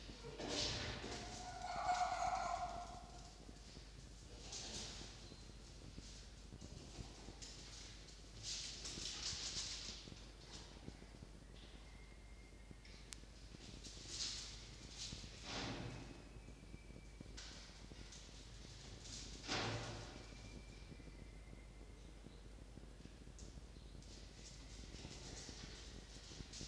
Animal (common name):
Red Fox